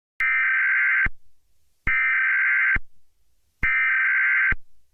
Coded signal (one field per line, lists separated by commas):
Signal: Emergency Alert System (SAME) tones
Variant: header bursts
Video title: EAS Scenario: Life as we Knew it